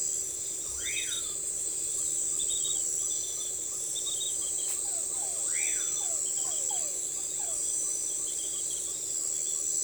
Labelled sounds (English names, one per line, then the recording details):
Common Pauraque
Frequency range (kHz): Common Pauraque 1.1-2.9 kHz
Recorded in forest near Pivijay, Magdalena, Colombia, on 13 April 2023 at 01:00
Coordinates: 10.467, -74.380
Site Z5-G034